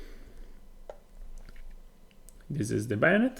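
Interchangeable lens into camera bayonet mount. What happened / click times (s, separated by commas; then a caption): The lens is only being handled; it has not locked in yet / none. After one lens is removed from an Icarex 35 camera from the 1960s, another interchangeable lens is picked up and handled before being lined up with the camera's bayonet mount. Only small, faint handling taps and clicks are heard, the strongest near 0.9 s and 2.3 s, and someone talks at the end. Nothing has seated or clicked yet; the lens is not locked.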